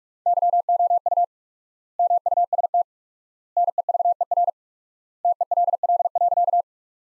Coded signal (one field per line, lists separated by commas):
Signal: Morse code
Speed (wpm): 42 wpm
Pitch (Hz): 700 Hz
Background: none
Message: YOU MUST NEVER TELL.